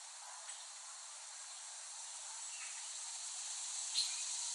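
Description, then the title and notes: Soft, even cicada hiss runs throughout, swelling gradually, with one brief sharp click near the end. Several cicadas recorded by Dan Bodah in West Brighton, Staten Island, late summer 2008. "Dronecast: The Cicadas of Summer. Recording of cicadas made by Dan Bodah in West Brighton, Staten Island, late summer 2008"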